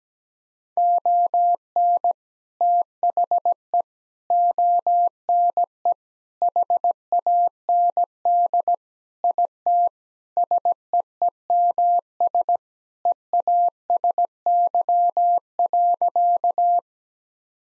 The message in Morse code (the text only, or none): ON THE ONE HAND IT SEEMS EASY.